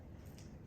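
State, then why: Not seated. A plastic chlorhexidine swab applicator is held downward and squeezed to crack the ampule inside its handle so the antiseptic flows onto the sponge. Only a faint, soft sound is heard around 0.4 seconds over low background noise. The ampule has not clicked, and the applicator has failed to release the antiseptic.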